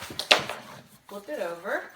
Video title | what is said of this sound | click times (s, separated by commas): Review Guava Family Travel Crib includes Lightweight Backpack Design - Certified Baby Safe Portable | lock the four legs, which is as easy as pulling up on them, | 0.3 s